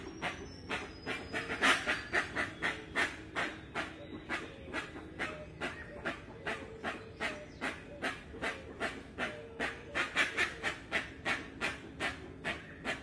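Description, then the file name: Rusty-margined guan repeating rasping, breathy notes in a fast regular rhythm, with faint bird whistles behind. Song (canto). "Canto da jacupemba"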